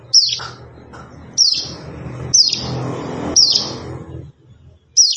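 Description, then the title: Plain prinia song: sharp high descending notes repeated about once a second, with a low hum underneath. "Ciblek Sawah"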